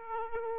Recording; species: mosquito wingbeat signal from an infrared sensor; Aedes aegypti